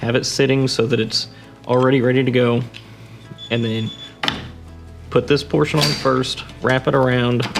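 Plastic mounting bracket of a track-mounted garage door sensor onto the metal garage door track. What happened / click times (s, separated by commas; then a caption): The bracket is being handled and wrapped into position but has not yet snapped home / none. Someone talks while positioning the plastic mounting bracket of a track-mounted garage door sensor and wrapping it around the metal garage door track, with a sharp handling tap near 4.2 s. Nothing has seated or clicked yet; the bracket is handled but not yet snapped into place.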